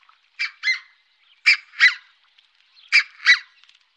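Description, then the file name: Red-breasted goose giving shrill two-note yelps, three paired calls. "Rodhalsad gas"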